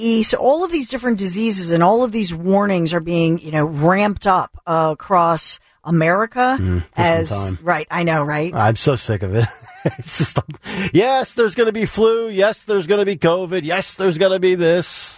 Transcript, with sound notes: So all of these different diseases and all of these warnings are being, you know, ramped up across America as, right, I know, right?
I'm so sick of it. (laughs)
Yes, there's gonna be flu. Yes, there's gonna be COVID. Yes, there's gonna be this.